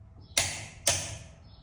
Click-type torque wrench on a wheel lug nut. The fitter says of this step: All right, and you want to check it again after you hear it click.